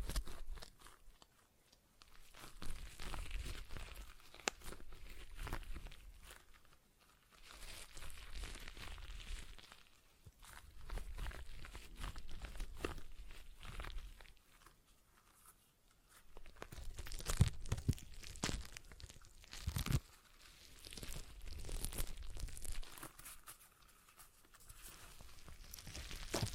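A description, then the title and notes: A stress ball is squeezed, giving crinkly, crunching squishes in dense bursts that each last several seconds. Short quiet pauses separate the squeezes, and a few sharper snaps stand out around the twenty-second mark. ASMR Relaxing Stress Ball Sounds (No Talking).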